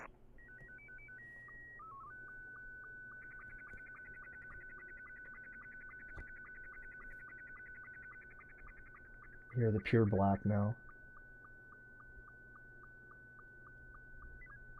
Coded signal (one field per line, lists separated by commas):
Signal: SSTV (slow-scan television)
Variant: Scottie 2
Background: speech